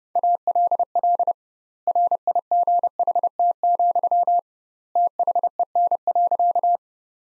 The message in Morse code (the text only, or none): ALL RIGHT, THEN.